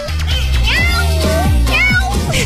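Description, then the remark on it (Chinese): A human voice mimics the yowl of a cat in heat with a few drawn-out, wavering meows that rise and fall in pitch, loud and strained over a steady low hum of background music. “喵喵， 这是闹猫了。”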